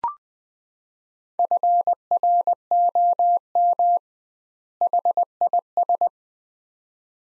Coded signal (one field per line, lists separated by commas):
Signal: Morse code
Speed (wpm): 20 wpm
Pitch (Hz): 700 Hz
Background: none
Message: FROM HIS